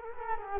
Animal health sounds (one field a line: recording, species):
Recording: mosquito wingbeat signal from an infrared sensor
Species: Culex quinquefasciatus